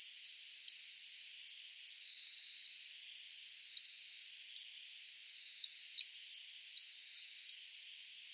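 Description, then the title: Coal-crested finch giving high, thin, clipped notes: several evenly spaced notes, a pause of about two seconds, then a run of about a dozen similar notes. "LuckyPassaro Completos2Sama. Coal-crested Finch (Charitospiza eucosma)"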